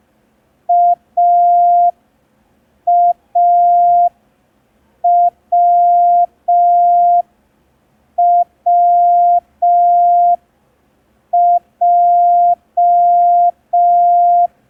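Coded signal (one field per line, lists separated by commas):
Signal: Morse code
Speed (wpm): 5 wpm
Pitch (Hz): 700 Hz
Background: none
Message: AAWWJ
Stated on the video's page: Day 3 of a ten-day Morse code learning tutorial.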